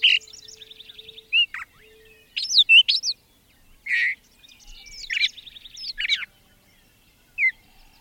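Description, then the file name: Brown thrasher song with varied phrases: a rattling trill, sharp slurred whistles, a harsh burst, then another trill and more slurred notes, separated by brief gaps. "suara-kicauan-brown-thraser omkicau"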